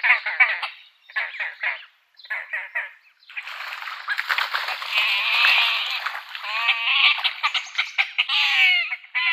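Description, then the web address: Great crested grebe calling: harsh, bleat-like bursts in three short groups, then long, rough, continuous calling. "Schulze Peter Great Crested Grebe"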